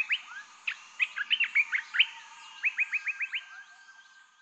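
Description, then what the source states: Bird chirping, quick sharp upward notes in an uneven run, then a neat series of about six evenly spaced rising chirps, fading at the end. Calm forest atmosphere with bird chirps.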